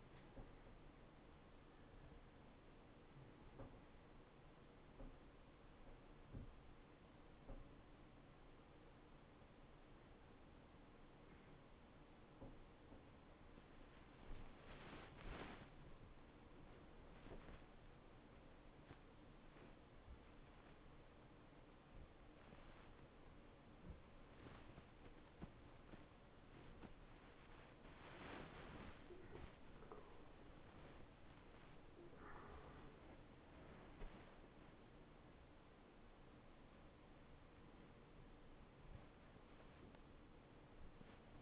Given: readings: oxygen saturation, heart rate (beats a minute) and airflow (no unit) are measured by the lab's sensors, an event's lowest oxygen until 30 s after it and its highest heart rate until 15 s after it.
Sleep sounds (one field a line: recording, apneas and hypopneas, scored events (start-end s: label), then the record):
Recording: a person awake in a sleep study, by a voice recorder at the bedside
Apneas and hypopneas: none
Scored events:
0.00-41.42 s: awake
From the record:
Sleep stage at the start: awake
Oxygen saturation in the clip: 92 to 94%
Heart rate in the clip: 62 to 86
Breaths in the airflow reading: 6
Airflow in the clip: -9.3 to 9.8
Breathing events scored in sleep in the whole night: 263 in 5.5 hours asleep